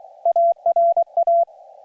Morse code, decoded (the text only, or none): ARA